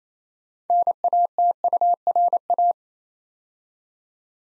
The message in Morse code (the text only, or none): NATURA